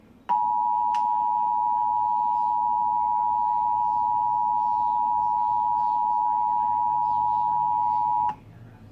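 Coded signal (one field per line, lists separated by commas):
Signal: Emergency Alert System (SAME) tones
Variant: 853 and 960 Hz attention tone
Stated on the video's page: Required Monthly Test in Pennsylvania aired on a television station.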